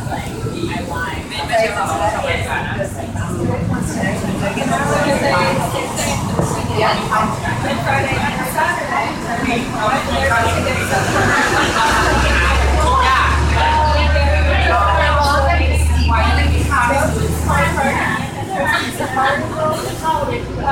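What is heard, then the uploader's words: Sounds from a Thai bus station: a steady crowd of overlapping voices talking, with no single speaker standing out. Beneath the chatter a low engine hum rises around the middle and holds, like a bus idling. Sounds from a Thai bus station by Will Claxton.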